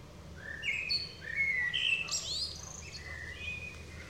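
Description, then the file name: Common blackbird, a warbled run of whistled notes climbing into a high, scratchy twitter, then softer fluty notes trailing off, over low steady noise. "Turdus merula"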